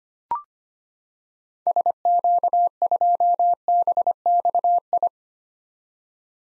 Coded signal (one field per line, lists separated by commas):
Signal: Morse code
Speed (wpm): 25 wpm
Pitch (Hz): 700 Hz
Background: none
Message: SQ2BXI